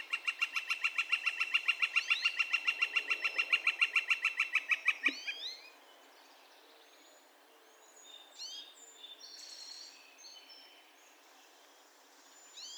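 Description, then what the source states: Northern flicker rattling off a fast, regular string of piercing notes for about five seconds, followed by quieter, scattered chirps and whistles. Calls recorded 2 May 2020.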